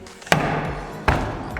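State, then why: Seated. The boarding gate on a Barletta Corsa 23UC pontoon boat is swung closed on leaving, and its latch snaps shut with a sharp click at 0.3 s, locking into place. A second sharp knock follows at 1.1 s.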